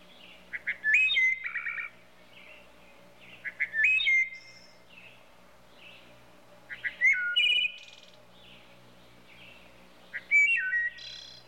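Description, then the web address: Wood thrush singing four flutelike phrases about every three seconds, each opening with soft low notes, then a ringing whistle and a thin, high, rapid trill ending. "bird trushes wood thrushes animal"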